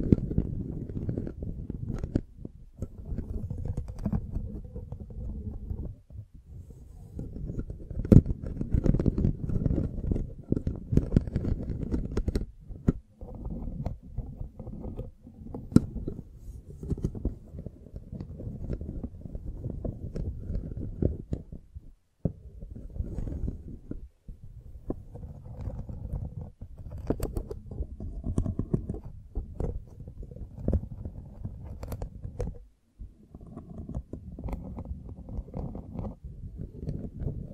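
A microphone is brushed and scratched, making a dense, rough rumbling rub that is mostly low and muffled, with brief brighter scrapes. The handling runs almost continuously for the whole clip, broken by short silent gaps near 6, 13, 22 and 33 seconds.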